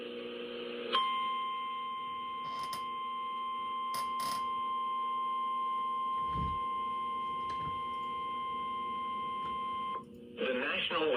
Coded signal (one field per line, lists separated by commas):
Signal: Emergency Alert System (SAME) tones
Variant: 1050 Hz attention tone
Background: speech